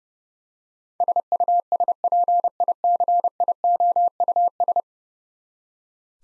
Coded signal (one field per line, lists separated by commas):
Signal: Morse code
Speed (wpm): 30 wpm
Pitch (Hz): 700 Hz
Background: none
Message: SUSPICIOUS